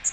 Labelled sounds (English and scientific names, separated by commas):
Magnolia Warbler (Setophaga magnolia) flight call